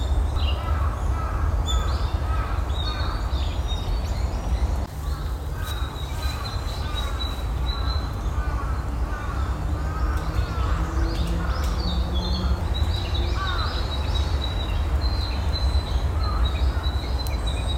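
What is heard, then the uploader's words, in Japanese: Birds call over a constant low rumble, likely traffic or wind. Repeated high thin notes sound throughout, with scattered chirps and some harsher, crow-like calls mid-range. The background noise stays steady and dense for the whole clip. 公園の朝散歩より693鳥の声。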